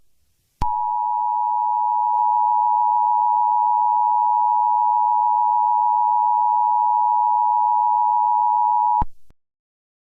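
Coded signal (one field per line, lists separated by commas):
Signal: Emergency Alert System (SAME) tones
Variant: 853 and 960 Hz attention tone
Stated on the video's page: Fictional EAS scenario about a toxic spill in Los Angeles creating zombies; a simulated alert, not real.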